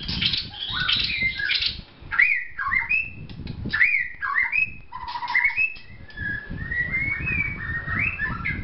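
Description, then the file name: White-rumped shama song: loud, rich whistled phrases that swoop up and down, repeated with variations over low background noise. Vietnam. "shama vietnam omkicau"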